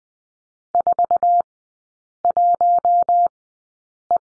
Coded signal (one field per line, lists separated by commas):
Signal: Morse code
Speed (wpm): 20 wpm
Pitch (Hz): 700 Hz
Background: none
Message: 41E